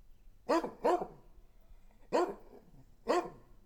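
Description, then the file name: Dog giving four sharp barks, a quick pair followed by two spaced single barks, with quiet gaps between them. "Dogsbarking"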